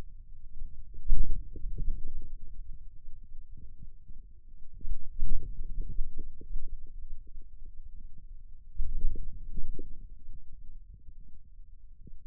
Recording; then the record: forearm muscle sounds (acoustic myography)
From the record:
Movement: outward rotation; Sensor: system 2, bracelet of six BSWA MPA416 microphones around the upper forearm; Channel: 1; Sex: male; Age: 22 years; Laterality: right